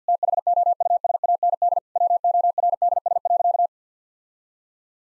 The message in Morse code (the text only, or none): THOUSAND WORDS.